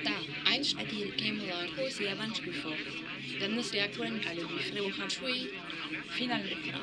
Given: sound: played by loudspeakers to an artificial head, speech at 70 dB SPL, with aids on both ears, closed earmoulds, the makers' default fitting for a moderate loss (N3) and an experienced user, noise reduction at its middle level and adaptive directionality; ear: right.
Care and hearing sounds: speech test signal (ISTS) in cocktail-party noise; 0 dB; on the right (90 degrees)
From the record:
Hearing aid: class 2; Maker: D

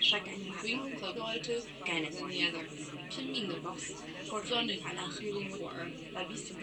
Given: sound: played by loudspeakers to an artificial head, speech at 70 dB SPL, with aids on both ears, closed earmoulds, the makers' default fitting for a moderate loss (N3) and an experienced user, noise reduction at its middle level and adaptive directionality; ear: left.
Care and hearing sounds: speech test signal (ISTS) in cocktail-party noise; +3 dB; on the right (90 degrees)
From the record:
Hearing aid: class 1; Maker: C

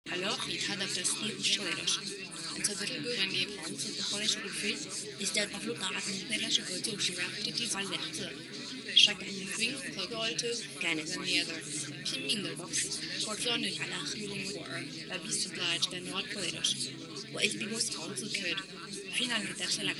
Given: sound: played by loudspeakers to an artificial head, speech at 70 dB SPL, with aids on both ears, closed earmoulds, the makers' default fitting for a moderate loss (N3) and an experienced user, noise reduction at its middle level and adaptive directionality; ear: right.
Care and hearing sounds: speech test signal (ISTS) in cocktail-party noise; -3 dB; on the right (90 degrees)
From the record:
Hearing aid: class 2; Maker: J

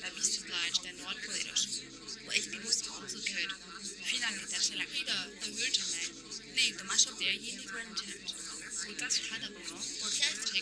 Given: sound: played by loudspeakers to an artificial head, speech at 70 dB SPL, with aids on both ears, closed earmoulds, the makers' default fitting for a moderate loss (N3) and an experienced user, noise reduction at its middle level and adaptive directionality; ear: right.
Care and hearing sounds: speech test signal (ISTS) in cocktail-party noise; -6 dB; on the right (90 degrees)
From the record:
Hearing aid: class 1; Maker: H

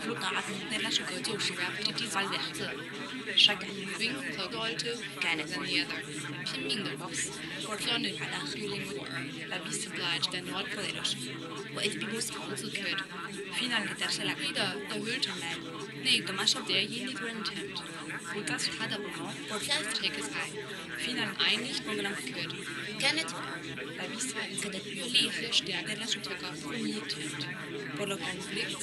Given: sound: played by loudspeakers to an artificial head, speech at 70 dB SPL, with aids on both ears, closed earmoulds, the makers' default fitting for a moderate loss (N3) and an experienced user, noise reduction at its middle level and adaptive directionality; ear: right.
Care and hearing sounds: speech test signal (ISTS) in cocktail-party noise; -6 dB; on the right (90 degrees)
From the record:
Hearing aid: class 1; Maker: E

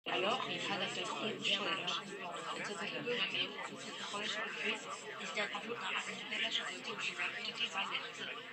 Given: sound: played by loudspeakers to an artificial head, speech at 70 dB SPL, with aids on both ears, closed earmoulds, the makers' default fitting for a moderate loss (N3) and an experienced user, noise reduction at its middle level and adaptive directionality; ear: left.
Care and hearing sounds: speech test signal (ISTS) in cocktail-party noise; -3 dB; on the right (90 degrees)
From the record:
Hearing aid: class 1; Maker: I

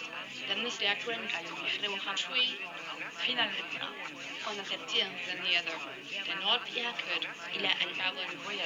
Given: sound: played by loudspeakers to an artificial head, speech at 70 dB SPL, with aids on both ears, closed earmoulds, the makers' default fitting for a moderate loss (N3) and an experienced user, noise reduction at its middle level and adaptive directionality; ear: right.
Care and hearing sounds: speech test signal (ISTS) in cocktail-party noise; 0 dB; in front (0 degrees)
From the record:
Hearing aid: class 1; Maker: G

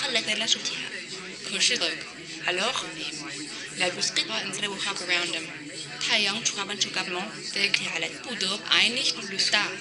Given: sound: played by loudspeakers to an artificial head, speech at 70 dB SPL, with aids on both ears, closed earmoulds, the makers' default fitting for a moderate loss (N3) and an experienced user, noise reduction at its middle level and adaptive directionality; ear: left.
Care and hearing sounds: speech test signal (ISTS) in cocktail-party noise; 0 dB; in front (0 degrees)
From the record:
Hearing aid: class 1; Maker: B

